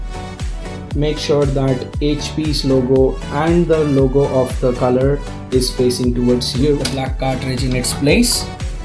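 A black HP 937 or 937e ink cartridge is handled at a printer carriage slot with its logo facing the user, while music plays and someone talks. A short sharp sound comes at 0.4 s, but nothing has seated or clicked yet; the cartridge is not yet home in its slot.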